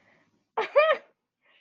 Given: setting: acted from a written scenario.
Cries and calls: vocal sound without words; amusement

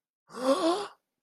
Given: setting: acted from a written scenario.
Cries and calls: vocal sound without words; awe

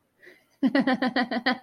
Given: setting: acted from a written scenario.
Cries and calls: vocal sound without words; amusement

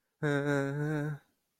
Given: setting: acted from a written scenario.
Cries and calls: vocal sound without words; guilt

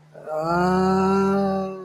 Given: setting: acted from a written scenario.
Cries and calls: vocal sound without words; confusion

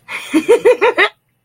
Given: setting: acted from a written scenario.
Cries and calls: vocal sound without words; amusement

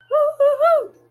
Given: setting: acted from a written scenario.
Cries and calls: vocal sound without words; triumph

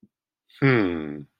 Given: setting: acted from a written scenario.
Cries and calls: vocal sound without words; contentment

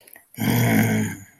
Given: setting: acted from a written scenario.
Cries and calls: vocal sound without words; anger

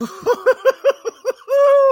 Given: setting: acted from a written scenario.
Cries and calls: vocal sound without words; ecstasy

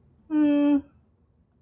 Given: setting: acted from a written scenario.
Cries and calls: vocal sound without words; neutral

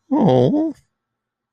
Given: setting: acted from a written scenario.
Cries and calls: vocal sound without words; guilt

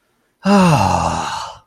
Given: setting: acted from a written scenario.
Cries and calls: vocal sound without words; ecstasy

